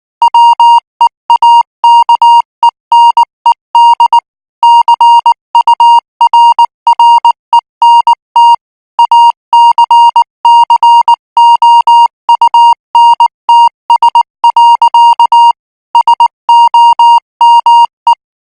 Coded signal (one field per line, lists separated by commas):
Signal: Morse code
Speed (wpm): 19 wpm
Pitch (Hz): 940 Hz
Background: music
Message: WEAKENED CURRENT ACCOUNTS. SOME